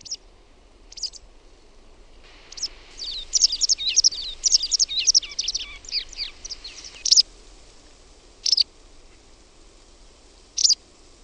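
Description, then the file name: White wagtail song, a quick run of twittering high chirps in the middle, framed by separate sharp call notes before and after. "VASTARAKKI"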